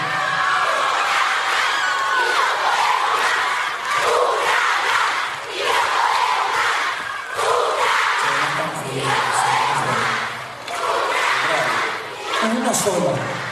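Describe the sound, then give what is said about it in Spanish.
The audience of a Radio Revolución Teen show shouts and cheers continuously, a dense wash of many voices with surging swells and bursts of yelling that rise and fall across the whole stretch. “Mira, como están ustedes gritando, siempre salía de la primera canción de nuevo.”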